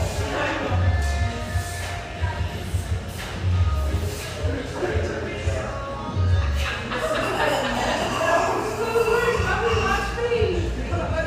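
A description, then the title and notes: Overlapping conversation fills a high-ceilinged coffee shop, a steady murmur of several voices that grows busier after the seventh second. Low thuds land roughly every three seconds, and a brief wavering tone rises above the chatter near the ninth second. Sellwood, Portland, Oregon. Family-oriented, high-ceilinged java joint near Portland's Willamette riverfront.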